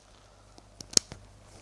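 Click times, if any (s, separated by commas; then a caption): 1.0 s. A removable dive-watch bezel is pressed back onto its metal watch case, giving a few faint ticks before one sharp, bright click at 0.97 s and a softer tick just after. The bezel clicks into place and is seated, with no play whatsoever.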